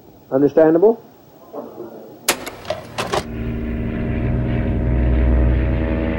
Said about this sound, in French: Le 17 novembre, en début d'après-midi, un petit avion décolle de Georgetown pour Port Kaituma, à 2 heures de vol de la capitale guyanaise.